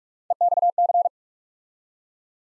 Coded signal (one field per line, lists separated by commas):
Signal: Morse code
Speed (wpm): 44 wpm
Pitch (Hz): 700 Hz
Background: none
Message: EXC